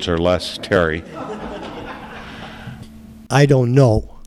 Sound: audience laughs